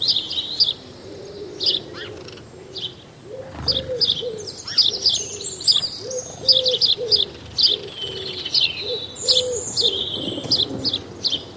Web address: House sparrow, several birds calling with feral pigeon. BBC